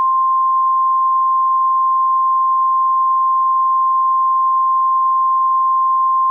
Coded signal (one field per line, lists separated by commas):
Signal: Emergency Alert System (SAME) tones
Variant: 853 and 960 Hz attention tone